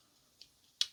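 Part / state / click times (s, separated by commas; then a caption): plastic lens assembly into a scale model car headlight mount / seated / 0.8 s. Pre-assembled plastic headlight lenses are pushed over their mount on an Agora Models 1:8 scale Lotus Esprit 'Wet Nellie' model car. A faint tick at 0.4 s is followed by a sharp, bright click at 0.8 s as the lens assembly snaps into place and is seated.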